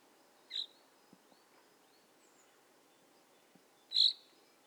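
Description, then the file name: Common chaffinch calling: two short, high, bright notes a few seconds apart, the second louder, with faint background hiss between them. "Fringilla coelebs"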